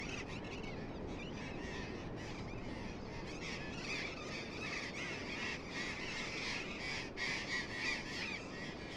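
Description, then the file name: Burrowing parrots squawking, harsh calls repeated about three times a second in a busy, uneven chorus, partly masked by a steady low rumble. Several birds. "tomas miguel - loros barranqueros"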